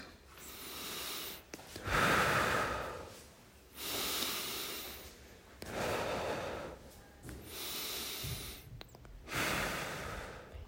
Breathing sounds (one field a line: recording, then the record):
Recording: deep breathing after running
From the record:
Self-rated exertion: very light exertion (1 of 6)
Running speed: 6 miles an hour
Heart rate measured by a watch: 85 beats a minute at the start, 83 at the end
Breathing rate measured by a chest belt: 21 breaths a minute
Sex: male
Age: 23 years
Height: 172 cm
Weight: 73 kg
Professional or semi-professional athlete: no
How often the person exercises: 3 to 5 times a week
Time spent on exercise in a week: over 5 hours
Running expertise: yes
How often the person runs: 3 to 5 times a week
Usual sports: running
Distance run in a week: 40 km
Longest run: 20 km